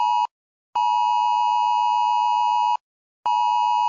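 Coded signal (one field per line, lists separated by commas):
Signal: Emergency Alert System (SAME) tones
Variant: 853 and 960 Hz attention tone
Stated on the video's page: EAS scenario on a zombie theme, a fictional alert.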